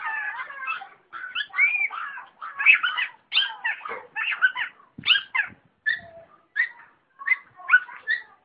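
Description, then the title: Long-tailed shrike song mixing warbled, slurred phrases with harsh chatters and short clipped notes in an irregular medley with brief gaps. Combination (kombinasi) song style. "Cendet Kombinasi"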